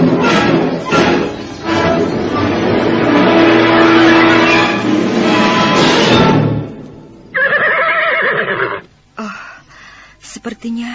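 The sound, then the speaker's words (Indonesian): A loud, drawn-out whinny from the horse of a horseman, one of soldiers riding up to a hut, with shaky, wavering pitch runs for several seconds, then gives way to a shorter rough burst and a few faint scattered noises. “Mungkin orang-orang berkuda itu sudah pergi.”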